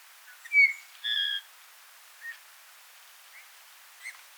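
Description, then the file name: Eurasian bullfinch calls: a soft downslurred piping whistle, then a longer steady low whistle, followed by a few fainter short notes in quiet surroundings. "Pyrrhula pyrrhula"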